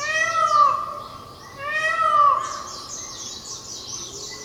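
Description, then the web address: Indian peafowl giving two loud, harmonic, wailing calls in quick succession, each rising then falling, followed by fainter wails. Recorded on Miyakojima on 30 April 2016. "koe indokujaku 160430 miyakojima uemurashingo"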